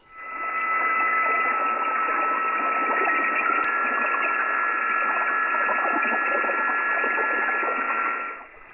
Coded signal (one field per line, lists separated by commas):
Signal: PSK31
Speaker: there's no need for high power on psk31